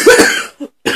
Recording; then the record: coughing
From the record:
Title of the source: 64 coughing, allergies, singing lungs